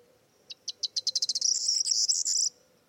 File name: Zden k Vermouzek - Prosyanka Emberiza calandra